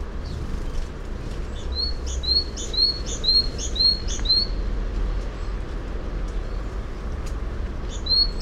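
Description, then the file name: Great tit delivering a run of about six sharp, repeated two-note phrases, then a pause and the start of another phrase, over a soft low hum. "Parus major"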